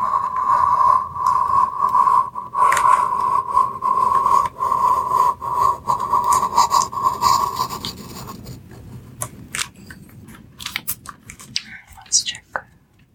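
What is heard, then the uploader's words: Pencil tracing on paper, with a steady, thin scratching line running continuously for the first eight seconds amid dense little taps and rasps. After that the drawing stops and only quieter, scattered clicks and soft paper touches remain. Soft tracing with pencils.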